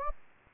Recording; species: mosquito wingbeat signal from an infrared sensor; Anopheles gambiae